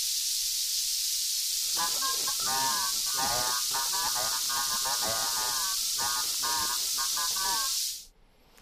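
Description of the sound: A loud, constant high-pitched hiss covers everything, with a muffled, distorted passage from Beethoven barely audible underneath for about six seconds. This approximates how composer Richard Einhorn hears without a hearing aid: moderate hearing loss in the left ear, distorted hearing (hyperacusis) in the right, and tinnitus in both ears, with bass and distortion added to convey how they combine.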